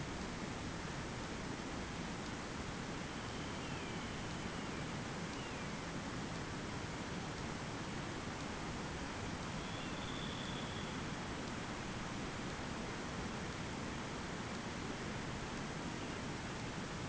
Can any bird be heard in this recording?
yes